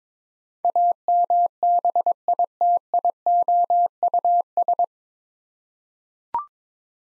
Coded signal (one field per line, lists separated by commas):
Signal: Morse code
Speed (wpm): 22 wpm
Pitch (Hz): 700 Hz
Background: none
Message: AMBITIOUS